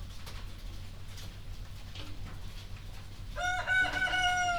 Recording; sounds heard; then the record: poultry house recording; healthy chickens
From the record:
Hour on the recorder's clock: 1